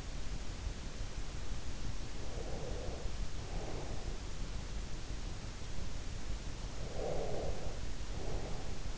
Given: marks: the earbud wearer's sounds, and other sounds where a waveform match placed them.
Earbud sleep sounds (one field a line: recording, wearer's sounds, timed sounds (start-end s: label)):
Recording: sounds in sleep by an in-ear microphone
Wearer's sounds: breath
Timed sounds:
2.26-4.43 s: breath
6.66-8.98 s: breath